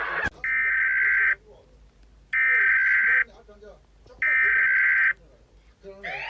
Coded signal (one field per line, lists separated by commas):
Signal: Emergency Alert System (SAME) tones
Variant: header bursts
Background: speech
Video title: Eas alarms animated s1: all together!